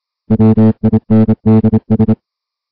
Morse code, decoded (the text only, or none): WINDS